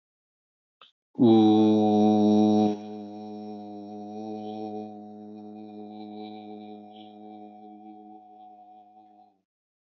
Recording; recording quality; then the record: sustained vowel as in boot; excellent, no background noise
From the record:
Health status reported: healthy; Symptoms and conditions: none ticked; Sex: male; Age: 56 years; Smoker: not ticked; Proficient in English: yes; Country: India